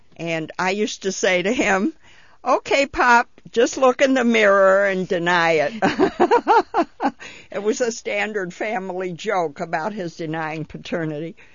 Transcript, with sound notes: And I used to say to him, "Okay, Pop, just look in the mirror and deny it." (she laughs) It was a standard family joke about his denying paternity.